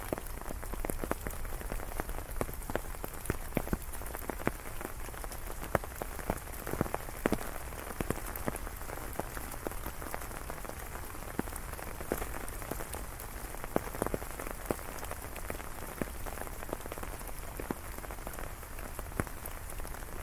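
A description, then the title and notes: Heavy rain falls without a break for the whole twenty seconds, a dense, steady hiss made of countless sharp drop taps. Louder individual drops crackle out of the wash every moment, while a faint low rumble sits underneath throughout. Thunderstorm in the City Ambient ASMR. The rain is falling down heavily and the thunder is echoing in the background.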